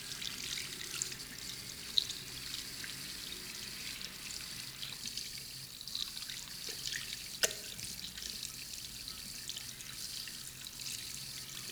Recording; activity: daily activity, guitar pickup as the sensor; wash hands